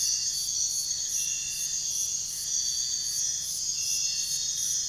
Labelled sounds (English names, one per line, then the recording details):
none
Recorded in pastures near Puerto Asís, Putumayo, Colombia, on 23 June 2025 at 04:30
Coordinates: 0.466, -76.322
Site GP07